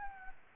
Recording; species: mosquito wingbeat signal from an infrared sensor; Aedes albopictus